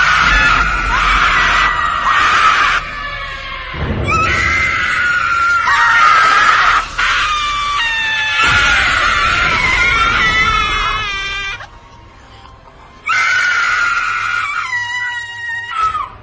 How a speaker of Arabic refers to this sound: وفجأة سمعت صرخة رهيبة جدا مصدرها كان من فوق من الصندرة.